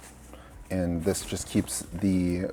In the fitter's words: to like hook it in with like a very satisfying click